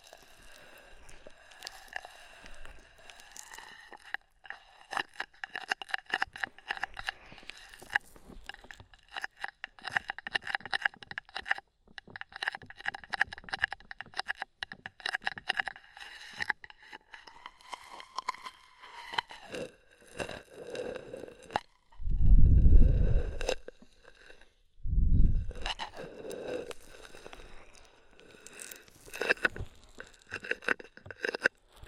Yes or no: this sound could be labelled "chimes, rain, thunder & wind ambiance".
no